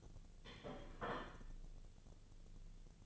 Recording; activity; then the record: daily activity, microphone in the room; place plate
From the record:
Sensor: 4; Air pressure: 1010.2 hPa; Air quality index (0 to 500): 181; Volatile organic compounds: 5 ppm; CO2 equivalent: 1831 ppm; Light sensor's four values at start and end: 30/91/36/35 and 30/91/35/35